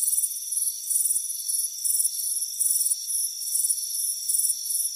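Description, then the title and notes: Cricket chirps, shrill and pulsed, arrive about 107 times a minute, some louder and some softer, above a continuous high tonal drone. Warm afternoon on a front porch. "Soothing Crickets Chirping Sound. It's a warm afternoon as you relax in a hammock on the front porch. Relax and fall asleep to the soothing sound of chirping crickets. Deep Sleep Sounds"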